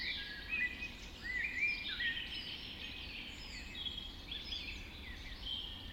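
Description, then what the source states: Birds: dawn chorus of several birds, dense overlapping chirps, trills and sliding whistles over a low constant background hum. Dawn chorus recorded just after dawn in the Forest of Dean.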